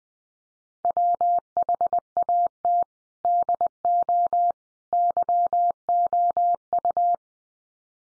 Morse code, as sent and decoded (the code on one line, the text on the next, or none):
.-- .... .- - / -.. --- / -.-- --- ..-
WHAT DO YOU